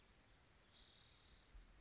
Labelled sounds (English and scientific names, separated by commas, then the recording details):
Spotted Towhee (Pipilo maculatus)
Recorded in Sonoma County, California